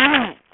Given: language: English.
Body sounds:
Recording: throat vibration sensor signal played as sound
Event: throat clearing

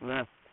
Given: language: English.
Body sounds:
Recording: throat vibration sensor signal played as sound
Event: speech

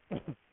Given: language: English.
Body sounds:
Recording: throat vibration sensor signal played as sound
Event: cough

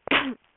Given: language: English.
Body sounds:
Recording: throat vibration sensor signal played as sound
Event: cough

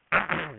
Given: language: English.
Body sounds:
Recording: throat vibration sensor signal played as sound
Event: throat clearing

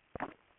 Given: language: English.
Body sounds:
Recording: throat vibration sensor signal played as sound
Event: swallow

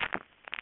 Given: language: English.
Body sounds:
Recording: throat vibration sensor signal played as sound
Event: swallow

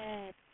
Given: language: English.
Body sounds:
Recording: throat vibration sensor signal played as sound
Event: speech

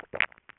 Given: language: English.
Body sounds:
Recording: throat vibration sensor signal played as sound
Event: swallow

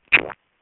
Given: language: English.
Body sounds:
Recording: throat vibration sensor signal played as sound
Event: swallow

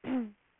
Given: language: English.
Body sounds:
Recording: throat vibration sensor signal played as sound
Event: throat clearing

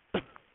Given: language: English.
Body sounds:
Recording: throat vibration sensor signal played as sound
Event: cough

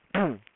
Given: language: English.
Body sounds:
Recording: throat vibration sensor signal played as sound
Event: throat clearing

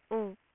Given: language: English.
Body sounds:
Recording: throat vibration sensor signal played as sound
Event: speech

